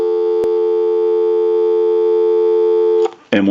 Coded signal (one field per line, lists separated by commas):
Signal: telephone call progress tone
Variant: North America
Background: speech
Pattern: dial tone